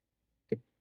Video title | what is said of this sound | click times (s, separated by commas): How To Install C6 Corvette Sunvisors | slot like we did with the removal and just turn it into place until it clicks. Just | 0.5 s